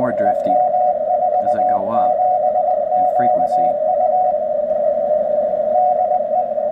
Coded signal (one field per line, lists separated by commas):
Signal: Morse code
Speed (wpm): 20 wpm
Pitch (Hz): 730 Hz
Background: speech, radio noise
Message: EM47QU DE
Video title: Si5351a Etherkit up conversion to 432 MHz